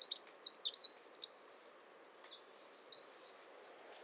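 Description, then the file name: Eurasian wren song in two rapid high bursts of trilled, tumbling notes, separated by a short pause, loud and clear. "Troglodytes troglodytes"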